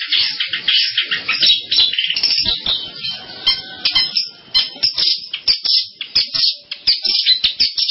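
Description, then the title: Long-tailed shrike song, a crowded jumble of grating chatter and high chirps, with a few brief quieter moments. "Kicau Burung Pentet"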